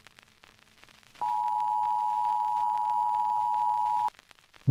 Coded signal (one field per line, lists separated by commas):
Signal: Emergency Alert System (SAME) tones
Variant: 853 and 960 Hz attention tone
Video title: Creeternity - An EAS Alert